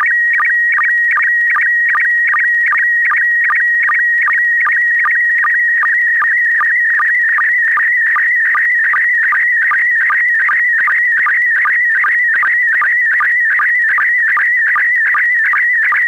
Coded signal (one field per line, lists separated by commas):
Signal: SSTV (slow-scan television)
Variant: PD 50